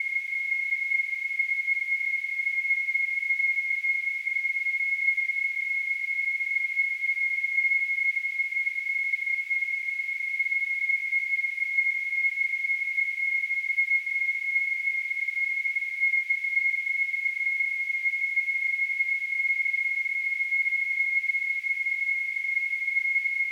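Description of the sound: A simulated tinnitus sound: a steady, unbroken high-pitched tone at about 2 kHz with a faint hiss above it, constant in loudness throughout, with nothing in the low frequencies.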